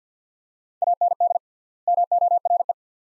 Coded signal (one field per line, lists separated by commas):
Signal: Morse code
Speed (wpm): 45 wpm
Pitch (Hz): 700 Hz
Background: none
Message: AND MORE